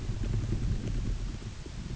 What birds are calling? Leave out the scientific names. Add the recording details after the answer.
none. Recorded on Arctic tundra, site UTQI-8, on 14 June 2019. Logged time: 10:00